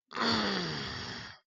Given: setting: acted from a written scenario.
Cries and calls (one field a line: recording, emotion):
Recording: vocal sound without words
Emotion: distress